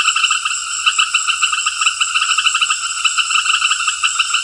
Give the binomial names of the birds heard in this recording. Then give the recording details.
none. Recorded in secondary vegetation near Puerto Asís, Putumayo, Colombia, on 20 February 2024 at 18:30. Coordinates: 0.481, -76.323. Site G6376